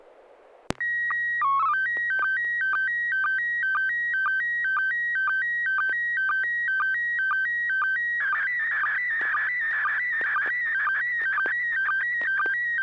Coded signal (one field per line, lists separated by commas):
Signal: SSTV (slow-scan television)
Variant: PD 120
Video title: N6NA SSTV Net - 09/04/2024 - Part 2